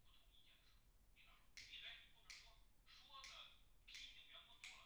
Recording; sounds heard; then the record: poultry house recording; no chicken sound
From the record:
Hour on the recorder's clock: 10